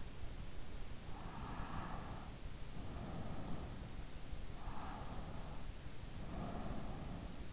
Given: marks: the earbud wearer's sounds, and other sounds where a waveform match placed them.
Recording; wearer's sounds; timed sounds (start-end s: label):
sounds in sleep by an in-ear microphone; breath
1.23-3.94 s: breath
4.56-7.53 s: breath